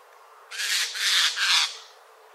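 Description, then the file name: Eurasian jay giving one harsh, rasping screech about a second long, broken into three noisy bursts, with quiet before and after. "Garrulus glandarius"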